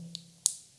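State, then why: Seated. A rubber strap with a quick-release mechanism is pushed onto the lugs of a stainless steel IWC Schaffhausen Big Pilot's Watch case. A faint tick at 0.2 s is followed by a sharp, bright click at 0.5 s over a low steady hum. The strap snaps into place and is seated.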